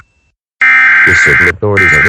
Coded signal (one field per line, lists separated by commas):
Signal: Emergency Alert System (SAME) tones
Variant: header bursts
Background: speech